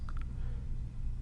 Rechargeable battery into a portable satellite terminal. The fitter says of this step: reinstall the battery turn it so the label is facing up and slide it in until it clicks into place